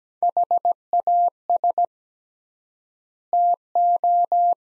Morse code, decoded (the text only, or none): HAS TO